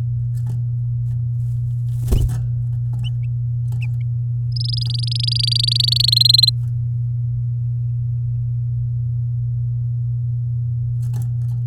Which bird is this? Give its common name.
Domestic Canary